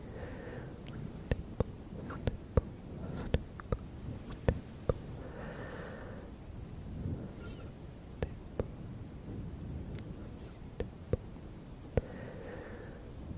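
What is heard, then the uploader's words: Crisp tapping and stippling clicks land irregularly over a soft, steady brushing hiss, with occasional swishing shoops and brighter scratchy sweeps. ASMR shoop, stipple, shk & brushing.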